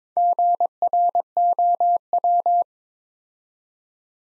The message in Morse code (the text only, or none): GROW